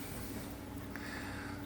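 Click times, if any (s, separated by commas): none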